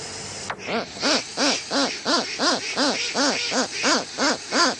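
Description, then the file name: Westland petrel giving a regular run of arched, braying notes, about three per second, after a brief sharp swish at the start. "westland black petrel song"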